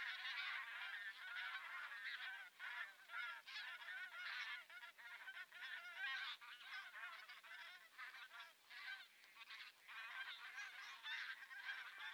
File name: vetesi lud hangja